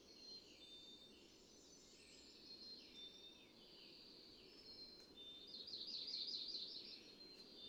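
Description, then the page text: Ovenbird song: a faint series of repeated high chants that swell louder toward the end, over a low steady background noise. One of three neighboring males singing, with subtly individual teacher intonation; June 2, 2017, state forest in Goshen, Massachusetts. "Birdsong for the Curious Naturalist. Ovenbird. Daughters of the American Revolution State Forest, Goshen, Massachusetts"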